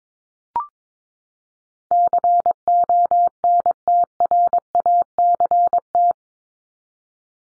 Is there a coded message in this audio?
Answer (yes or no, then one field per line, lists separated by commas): yes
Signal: Morse code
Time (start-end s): 1.9-6.1 s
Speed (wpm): 22 wpm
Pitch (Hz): 700 Hz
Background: none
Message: CONTRACT